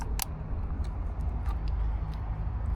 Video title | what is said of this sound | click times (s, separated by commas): Full 300 Hour Service - Mercury 4 Stroke 175 - 200 - 225 | Just hear it click. | 0.2 s